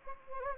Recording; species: mosquito wingbeat signal from an infrared sensor; Anopheles gambiae